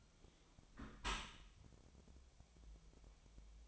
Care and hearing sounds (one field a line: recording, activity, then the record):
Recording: daily activity, microphone in the room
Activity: close dishwasher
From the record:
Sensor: 1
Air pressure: 1006.9 hPa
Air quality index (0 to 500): 206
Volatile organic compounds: 23 ppm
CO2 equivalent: 2774 ppm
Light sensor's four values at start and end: 12/32/12/14 and 12/32/12/14